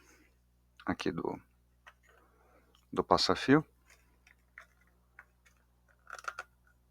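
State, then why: Not seated. A rubber cable grommet, high side up, is handled at the plastic controller housing it will be pressed into, while someone talks. A few small, sharp handling ticks come near 6.1–6.4 s. Nothing has seated or clicked yet.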